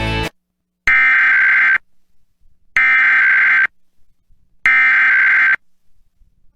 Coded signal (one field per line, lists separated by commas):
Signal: Emergency Alert System (SAME) tones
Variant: header bursts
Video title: EAS 2x Required Monthly Test Florida/New Hampshire NOAA Weather Radio and AM/FM +WeatherSTAR4000